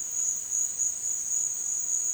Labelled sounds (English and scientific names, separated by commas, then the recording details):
none
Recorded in dense forest near Puerto Asís, Putumayo, Colombia, on 25 June 2025 at 12:00
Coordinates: 0.468, -76.322
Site GP03